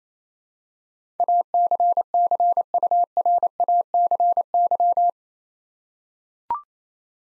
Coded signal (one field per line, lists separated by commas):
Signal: Morse code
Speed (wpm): 28 wpm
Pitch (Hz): 700 Hz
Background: none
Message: ACCURACY